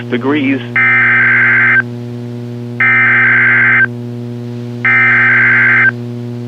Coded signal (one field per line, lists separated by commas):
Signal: Emergency Alert System (SAME) tones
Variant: header bursts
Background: speech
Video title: Weeklies + One single CAE (EAS 631-643)